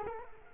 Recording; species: mosquito wingbeat signal from an infrared sensor; Culex quinquefasciatus